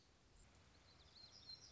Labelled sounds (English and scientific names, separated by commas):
Black-throated Gray Warbler (Setophaga nigrescens)